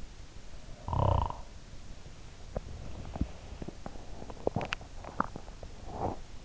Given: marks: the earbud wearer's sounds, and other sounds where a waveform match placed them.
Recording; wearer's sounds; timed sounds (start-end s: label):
sounds in sleep by an in-ear microphone; snoring breath, teeth grinding
0.53-1.65 s: snoring breath
2.38-6.45 s: teeth grinding